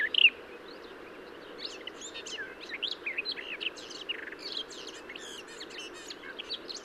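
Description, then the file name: Garden warbler giving a continuous jumble of varied quick warbling notes, opening with a louder note. "Garden-Warbler- -Sylvia-borin"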